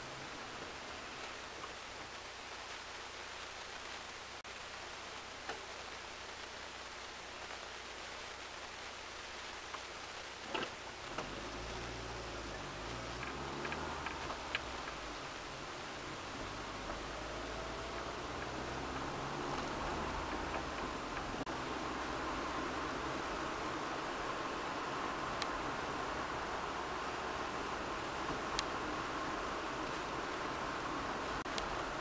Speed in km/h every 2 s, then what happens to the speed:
1, 0, 0, 0, 0, 0, 14, 17, 21, 34, 37, 39, 39, 39, 39, 39.
0-11 standing. 11-22 pulls away to 39. 22-32 steady at about 39.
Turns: none.